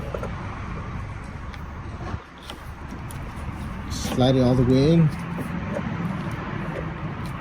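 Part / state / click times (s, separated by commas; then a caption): wiper blade adapter onto the wiper arm hook / not seated / none. Someone hooks a new wiper blade adapter onto the metal wiper arm hook of a 2000–2009 Ford Ranger and slides it in until it stops, with a few brief light taps near 0.2, 1.5, 2.5 and 3.1 seconds over steady background noise. Someone talks from about 4.2 to 5.1 seconds. Nothing has latched or clicked yet; the clip has not been closed.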